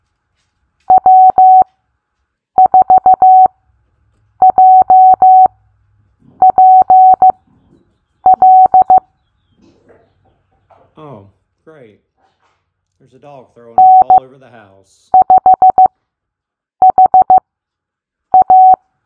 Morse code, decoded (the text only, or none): W4JPL N5HA